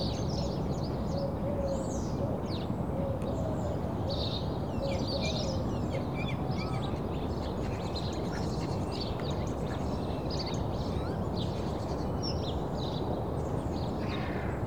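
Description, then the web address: Birds chirping and twittering, several high short notes overlapping throughout, with faint low whistled notes early on, over a steady loud low rumble. Birds in suburbia in the early morning. "The BBC Sound Effects Library (Suburbia) Early Morning Suburban Birds"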